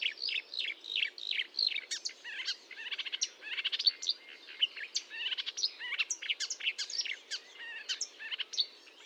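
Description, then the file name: Marsh warbler song, a dense, hurried medley of chattering, whistled and buzzy notes running on without pause. Recorded 1 June 2022 at 10:55 at Fontaine-Française (Fourneau), using a Nagra recorder with a Telinga microphone. "Rousserolle verderolle 20220601 1055 Fontaine-Francaise-Fourneau-Nagra-Telinga"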